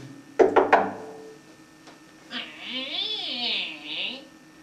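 Three quick, sharp knocks rap on a wooden castle door, followed after a pause by a long, wavering, squeaky high-pitched sound that rises and falls.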